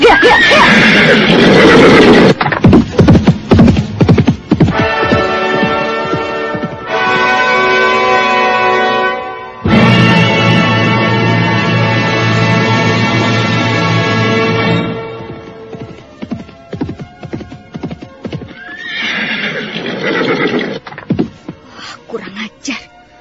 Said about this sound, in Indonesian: Sepertinya aku mendengar derap seekor kuda. Iya, ada orang berkuda menuju kemari.